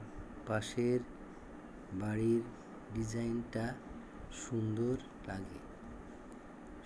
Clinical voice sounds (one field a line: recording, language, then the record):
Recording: elicited speech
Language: Bengali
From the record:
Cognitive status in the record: dementia